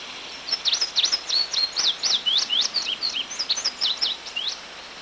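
Bird giving a rapid series of sharp, high chirps and twittering notes, several a second, each sweeping quickly up or down, continuing steadily.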